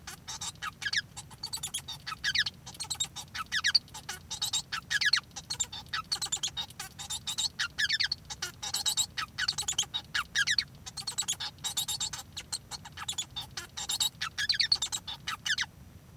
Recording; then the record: song of a male Bengalese finch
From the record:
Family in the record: son of father 1